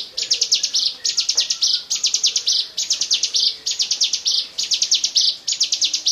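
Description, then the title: Bar-winged prinia repeating shrill ticking trills, each closing with a rasping buzz, at a steady pace of roughly one per second. "Suara Burung Ciblek"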